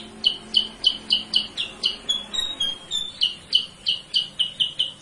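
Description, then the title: Sooty-headed bulbul giving a steady series of short, bright chirps, roughly three each second, with a brief smoother whistled note midway. Masteran training recording for cage birds; a lure sound meant to provoke or stimulate other bulbuls to call. "Masteran Kutilang Sutra. suara pancingan kutilang sutra"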